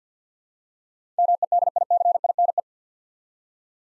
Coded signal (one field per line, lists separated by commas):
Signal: Morse code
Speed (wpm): 50 wpm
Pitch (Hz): 700 Hz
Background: none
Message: MEDICINE